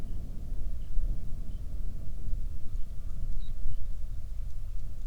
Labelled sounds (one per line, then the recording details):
songbird
wind
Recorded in the Prudhoe Bay oil fields, Alaska, on 31 July 2019 at 08:07
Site 24